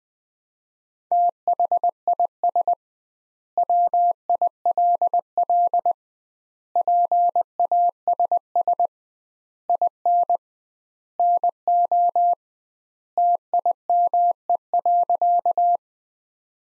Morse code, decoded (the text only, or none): THIS WILL PASS IN NO TIME.